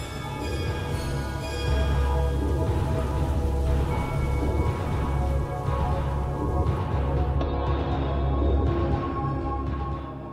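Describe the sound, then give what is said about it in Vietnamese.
Heavy rain pours steadily in a dense, hissing wash, with a deep low rumble rolling underneath like wind and thunder. No voices, just the constant roar of the storm. “Như vậy, trong cơn mưa gió điên cuồng, cô Đồng Thoa, hay có thể nói là hồn ma của cô Phượng, nhấc bổng thằng Vận lên, rồi cuối cùng ném thẳng nó xuống dòng nước dữ đang cuộn chảy.”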